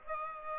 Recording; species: mosquito wingbeat signal from an infrared sensor; Aedes aegypti